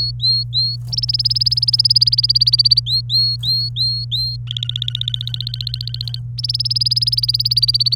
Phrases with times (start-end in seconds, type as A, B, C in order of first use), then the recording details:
0.00-0.76 A, 0.88-2.80 B, 2.86-4.37 A, 4.47-6.19 C, 6.38-7.95 B. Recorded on 27 April 2018 at 09:41. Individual llb3